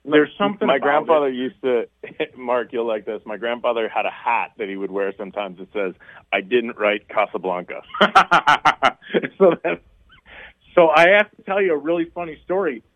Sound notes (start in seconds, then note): 2.0 laughs; 7.8 laughs